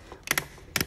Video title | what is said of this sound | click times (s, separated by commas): Using a WIHA Torque screwdriver to check the tightness of MCB screw terminals. Electrical #shorts | we've got it to the correct tightness it will click | 0.8 s